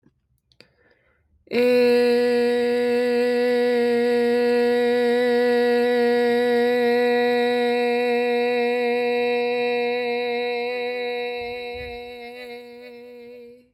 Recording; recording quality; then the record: sustained vowel as in made; excellent, no background noise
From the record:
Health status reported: healthy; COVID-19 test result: negative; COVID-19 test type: RT-PCR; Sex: female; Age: 22 years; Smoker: no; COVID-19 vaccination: both doses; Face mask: not worn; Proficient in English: yes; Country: United States